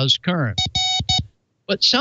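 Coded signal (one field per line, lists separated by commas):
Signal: none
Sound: music beat sound effects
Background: speech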